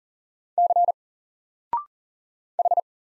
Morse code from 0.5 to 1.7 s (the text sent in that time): C